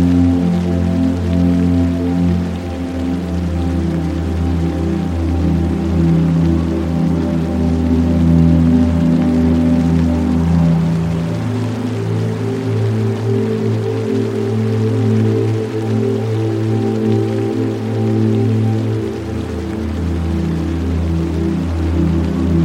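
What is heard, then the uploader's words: Soft rain falls under mellow, slow meditation music built from warm, sustained low tones that shift gently every few seconds. A faint, even hiss of rain runs steadily across the top throughout, while the music's deep bass notes swell and change around ten and nineteen seconds. Soothing Rain with Warm & Relaxing Sleep Music. The backdrop features the steady and gentle sounds of rain, creating a consistent, rhythmic ambiance. The soft sounds of rain paired with mellow and relaxing meditation music.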